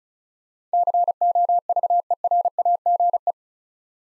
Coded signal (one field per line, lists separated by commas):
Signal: Morse code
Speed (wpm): 36 wpm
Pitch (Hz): 700 Hz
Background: none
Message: COVERAGE